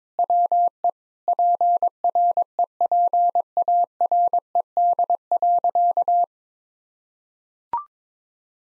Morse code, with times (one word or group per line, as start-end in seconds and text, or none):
0.2-0.9 WE
1.3-6.2 PREPARED.